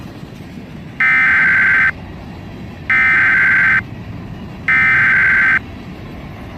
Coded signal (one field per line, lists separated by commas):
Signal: Emergency Alert System (SAME) tones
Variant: header bursts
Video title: EAS Scenario - SCP-Vyonders